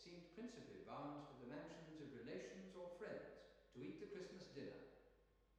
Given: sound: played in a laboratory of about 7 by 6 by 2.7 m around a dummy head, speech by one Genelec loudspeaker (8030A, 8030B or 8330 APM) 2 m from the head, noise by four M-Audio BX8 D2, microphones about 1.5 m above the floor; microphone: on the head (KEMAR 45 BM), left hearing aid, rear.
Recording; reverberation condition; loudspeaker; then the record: male speech in English; high; in front (0 degrees)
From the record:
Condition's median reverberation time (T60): about 1300 ms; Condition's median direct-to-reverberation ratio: about -4.0 dB